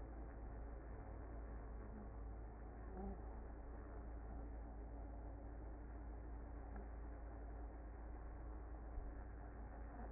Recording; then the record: honeybee colony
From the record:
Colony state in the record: active